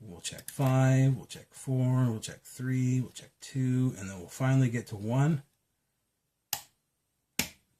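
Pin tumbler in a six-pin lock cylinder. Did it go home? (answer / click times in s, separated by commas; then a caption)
yes / 6.5 s, 7.4 s. Someone talks while working back through the serrated pins of a six-pin pin tumbler lock cylinder toward pin one, then goes quiet. Two sharp clicks follow at 6.5 s and 7.4 s as the last pin, pin one, sets and the lock opens.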